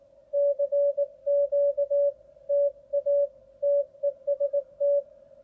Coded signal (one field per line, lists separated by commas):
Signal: Morse code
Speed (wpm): 19 wpm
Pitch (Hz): 570 Hz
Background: none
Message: CQ TA TEST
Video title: 【CW練習法・雑談】2023年 多摩川コンテスト ワッチだけ 2023/11/19 アマチュア無線 VLOG 355